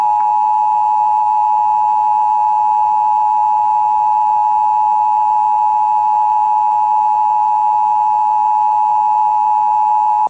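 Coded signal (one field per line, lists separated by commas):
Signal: Emergency Alert System (SAME) tones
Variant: 853 and 960 Hz attention tone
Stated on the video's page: Real Emergency Broadcast System test aired on a Los Angeles TV station.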